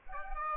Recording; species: mosquito wingbeat signal from an infrared sensor; Aedes aegypti